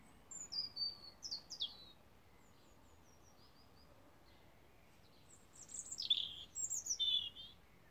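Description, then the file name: European robin song: two bursts of high, thin whistles and quick twittering notes, separated by a pause of about four seconds, over faint steady background hiss. "Rotkehlchen"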